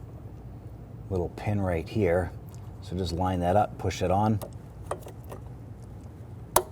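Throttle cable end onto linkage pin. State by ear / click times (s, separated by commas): seated / 6.6 s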